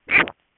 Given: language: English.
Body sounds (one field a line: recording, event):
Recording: throat vibration sensor signal played as sound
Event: swallow